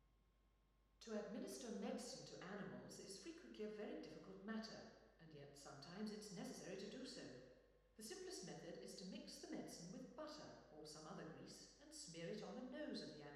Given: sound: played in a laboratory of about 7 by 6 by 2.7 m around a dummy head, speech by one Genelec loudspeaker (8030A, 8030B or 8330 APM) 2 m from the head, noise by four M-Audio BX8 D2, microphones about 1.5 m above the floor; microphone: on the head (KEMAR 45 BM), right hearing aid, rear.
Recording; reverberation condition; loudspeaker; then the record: female speech in English; high; 90 degrees to the right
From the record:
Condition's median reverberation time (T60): about 1300 ms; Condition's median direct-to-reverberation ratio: about -4.0 dB